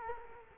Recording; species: mosquito wingbeat signal from an infrared sensor; Culex quinquefasciatus